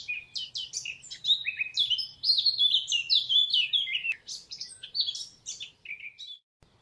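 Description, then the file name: Eurasian blackcap singing a hurried, rich warble of quick, varied notes. "chant fauvette a tete noire sylvia atricapilla"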